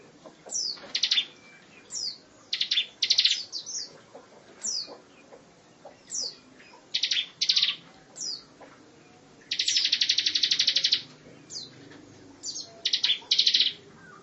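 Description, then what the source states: Lovebird chattering in high buzzy pulsed bursts and thin descending chirps, with one longer continuous trill of about a second and a half in the second half. Lovebird long trill (ngekek panjang); ciblek also mentioned.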